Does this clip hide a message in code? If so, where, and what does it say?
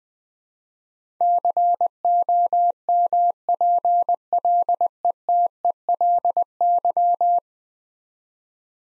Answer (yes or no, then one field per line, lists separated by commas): yes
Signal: Morse code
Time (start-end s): 1.2-7.4 s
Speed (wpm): 20 wpm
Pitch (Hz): 700 Hz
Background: none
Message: COMPLETELY